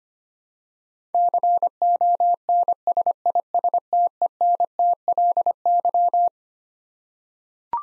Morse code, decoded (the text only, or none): CONSISTENTLY